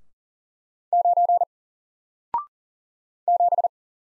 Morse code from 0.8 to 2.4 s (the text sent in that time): 9